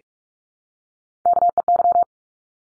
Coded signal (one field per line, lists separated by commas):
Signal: Morse code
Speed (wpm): 44 wpm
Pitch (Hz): 700 Hz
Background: none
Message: KEY